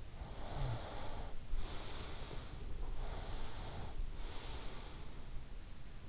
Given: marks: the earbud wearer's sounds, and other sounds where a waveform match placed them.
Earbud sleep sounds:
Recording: sounds in sleep by an in-ear microphone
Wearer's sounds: breath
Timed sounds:
0.25-2.69 s: breath
2.87-4.78 s: breath

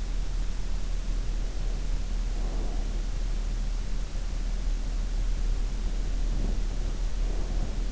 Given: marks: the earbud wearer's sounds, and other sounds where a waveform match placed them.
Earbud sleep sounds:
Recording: sounds in sleep by an in-ear microphone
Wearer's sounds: breath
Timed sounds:
1.42-2.92 s: breath
5.97-7.92 s: sound from someone else or the room
6.20-7.92 s: breath

